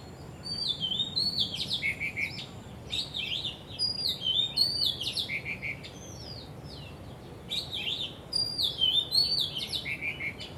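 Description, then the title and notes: Bird song with repeated high, lively twittering phrases of rising and falling whistles, one brief lull midway, steady low hiss underneath. Birds singing vigorously at Wu Kai Sha, Hong Kong, on 15 December 2006, recorded with AKG condenser microphones in XY stereo. "香港 烏溪沙 雀鳥勁唱歌 Date: 15 December 2006"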